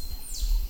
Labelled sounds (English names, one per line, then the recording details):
Stitchbird song
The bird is a male
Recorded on Tiritiri Matangi Island, New Zealand, in 2005
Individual 16, of nest box 24